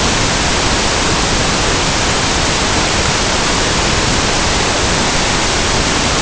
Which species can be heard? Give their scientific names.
none